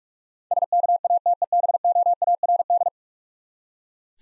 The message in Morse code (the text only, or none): SKATEBOARD